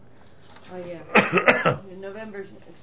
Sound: he coughs

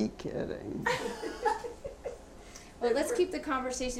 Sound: laugh

